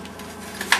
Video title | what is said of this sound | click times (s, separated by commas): How to Set Up Eddie Bauer Pack 'n Play Travel System Bassinet Changing Table Setup | throw the arms out, lock it down, and it's nice and sturdy. | 0.7 s